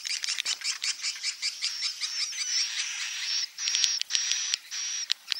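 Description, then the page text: Swiftlet twittering: quick rhythmic chirps merge into longer buzzy notes, with a thin high whistle on the later bursts. Lure recording for swiftlet houses: a roosting-type ('inap') call. "Suara Burung Walet sufar sinar 77 Suara Panggil, Suara Inap Dan Tarik"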